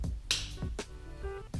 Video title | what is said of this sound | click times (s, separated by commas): Tremec Magnum XL Assembly Part 2 | and have that one snap into place just like | 0.3 s